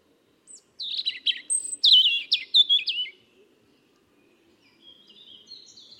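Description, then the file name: European robin song, a phrase of high, thin, varied whistles and twitters, some sliding down, followed by softer faint warbling. "Erithacus rubecula"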